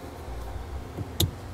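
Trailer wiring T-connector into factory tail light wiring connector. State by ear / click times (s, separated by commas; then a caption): seated / 1.2 s. The blue end of a Curt T-connector trailer wiring harness is pushed into the factory tail light wiring connector of a 2018 Honda Odyssey. Against a low, steady background rumble, a single sharp snap is heard at 1.2 s as the plug seats.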